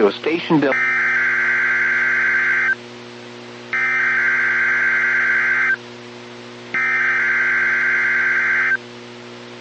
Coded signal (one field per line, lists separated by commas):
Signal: Emergency Alert System (SAME) tones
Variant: header bursts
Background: speech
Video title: EAS #2,340-2,346 Required Weekly Tests 10/22/25